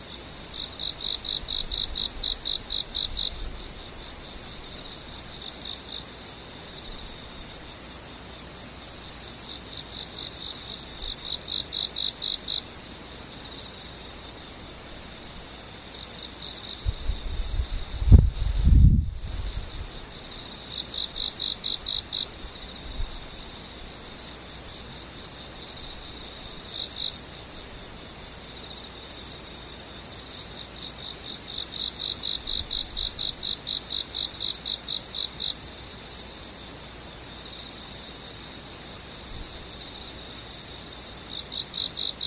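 Insects chirp in a steady high trill, with louder pulsed bursts every few seconds and a brief low thump near eighteen seconds.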